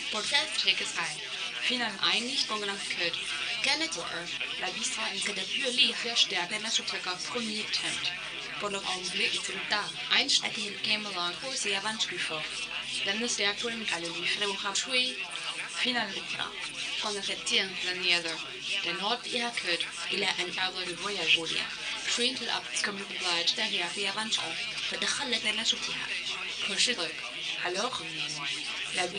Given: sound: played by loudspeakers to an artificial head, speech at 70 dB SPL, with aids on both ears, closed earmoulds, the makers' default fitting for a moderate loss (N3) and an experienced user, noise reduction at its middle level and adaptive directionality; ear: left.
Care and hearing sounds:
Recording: speech test signal (ISTS) in cocktail-party noise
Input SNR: +9 dB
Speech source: on the right (90 degrees)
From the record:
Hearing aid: class 2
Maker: A

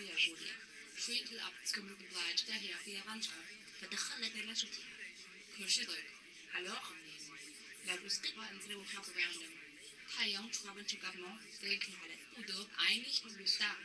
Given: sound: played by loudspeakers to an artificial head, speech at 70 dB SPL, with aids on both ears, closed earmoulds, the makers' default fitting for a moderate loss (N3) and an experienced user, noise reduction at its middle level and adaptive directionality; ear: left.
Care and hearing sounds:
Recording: speech test signal (ISTS) in cocktail-party noise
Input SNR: +6 dB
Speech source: on the right (90 degrees)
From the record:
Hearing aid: class 2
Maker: J

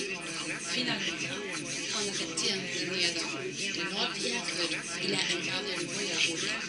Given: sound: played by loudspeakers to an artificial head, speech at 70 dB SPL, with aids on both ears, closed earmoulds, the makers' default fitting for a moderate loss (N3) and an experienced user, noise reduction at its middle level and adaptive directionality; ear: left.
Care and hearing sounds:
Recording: speech test signal (ISTS) in cocktail-party noise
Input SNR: -3 dB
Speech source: on the right (90 degrees)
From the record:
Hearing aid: class 1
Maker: B

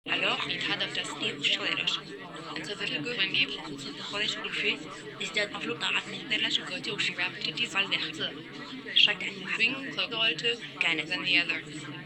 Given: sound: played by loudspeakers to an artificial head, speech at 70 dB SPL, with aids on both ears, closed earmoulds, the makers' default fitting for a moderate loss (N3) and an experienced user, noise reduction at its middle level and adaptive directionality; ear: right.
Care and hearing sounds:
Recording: speech test signal (ISTS) in cocktail-party noise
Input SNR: -3 dB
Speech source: in front (0 degrees)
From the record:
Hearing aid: class 1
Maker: C

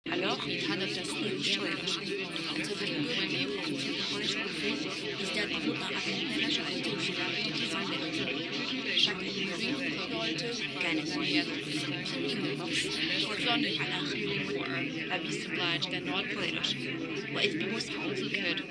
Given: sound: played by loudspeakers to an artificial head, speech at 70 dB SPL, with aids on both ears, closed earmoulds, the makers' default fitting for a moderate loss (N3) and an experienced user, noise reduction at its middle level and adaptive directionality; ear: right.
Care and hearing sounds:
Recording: speech test signal (ISTS) in cocktail-party noise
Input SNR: -6 dB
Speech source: in front (0 degrees)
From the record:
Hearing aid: class 2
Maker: D

